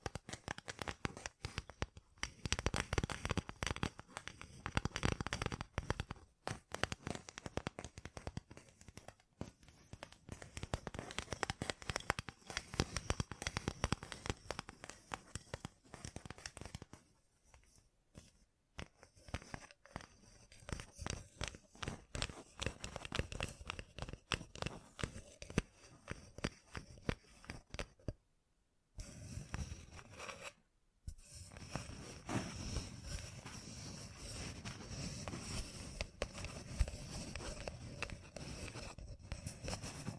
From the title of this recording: ASMR Gem Covered Fingertips Tapping and Scratching